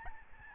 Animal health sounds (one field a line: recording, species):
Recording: mosquito wingbeat signal from an infrared sensor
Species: Aedes albopictus